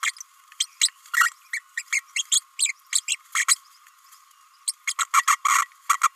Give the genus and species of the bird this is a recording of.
Forpus passerinus